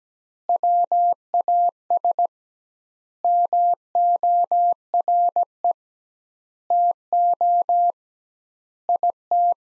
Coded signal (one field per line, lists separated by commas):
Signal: Morse code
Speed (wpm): 17 wpm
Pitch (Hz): 700 Hz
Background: none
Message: WAS MORE TO IT